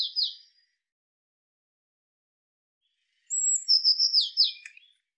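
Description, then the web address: Eurasian blue tit: the end of one churring call, then silence, then a complete call with a high thin lead note and a fast, falling, buzzy trill. "cianscape birddata Deverinetal 2025 File cleaned normalized Bird Cy Ca"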